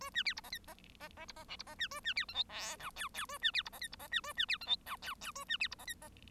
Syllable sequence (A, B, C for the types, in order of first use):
A B C D E F E E E D E G D E B A B C H I J K L L A B C D E F D E B A B C H I K L L A B C D E F E